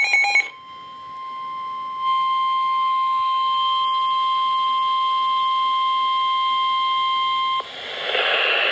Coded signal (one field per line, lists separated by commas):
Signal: Emergency Alert System (SAME) tones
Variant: 1050 Hz attention tone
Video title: NOAA Weather Radio EAS #315: Severe Thunderstorm Warning